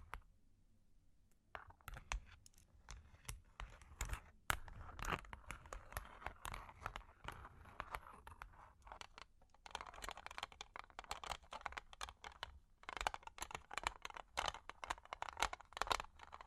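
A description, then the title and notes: Long claws tap and scratch in a dense, uneven flurry of sharp clicks and scrapes, starting quietly and building after about one and a half seconds. The clicking runs nearly continuously to the end, with brief pauses and a low rumble underneath. Long Claws Tapping and Scratching (No Talking).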